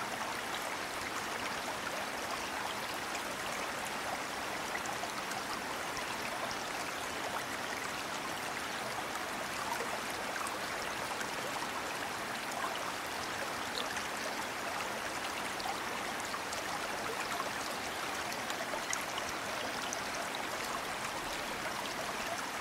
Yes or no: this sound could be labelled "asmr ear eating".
no